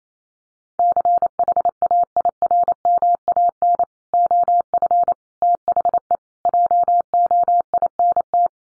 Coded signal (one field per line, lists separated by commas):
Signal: Morse code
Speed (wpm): 28 wpm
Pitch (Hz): 700 Hz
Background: none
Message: CHAIRMAN OF THE JOINT